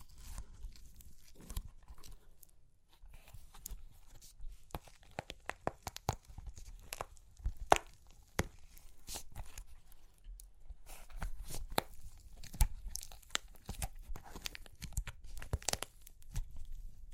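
Super crunchy clay cracking, with dense, irregular snaps and crackles running through the whole stretch. The sharp breaks come in quick clusters, briefly thinning out around the three- and ten-second marks. A soft low rumble of handling sits underneath.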